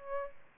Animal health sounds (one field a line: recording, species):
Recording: mosquito wingbeat signal from an infrared sensor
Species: Aedes albopictus